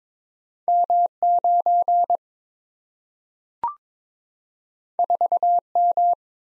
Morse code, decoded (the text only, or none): M94M